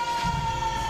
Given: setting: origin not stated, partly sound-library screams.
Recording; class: one-second piece from a danger detection set; woman in danger